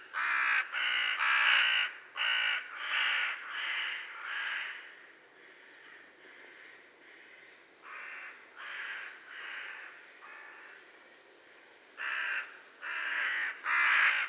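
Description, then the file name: Carrion crow giving harsh, rasping caws in runs, a quieter caw series in the middle, then another loud run at the end. "Corvus corone"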